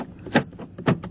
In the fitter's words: you can hear it pop but uh if you lock yourself out you're pretty much hosed uh